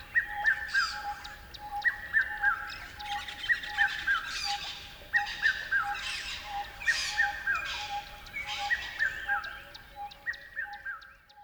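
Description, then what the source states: Repeated bird calls, each a quick descending run of three notes, recurring regularly, with a steady low tone and brief high chirps behind. River at dawn.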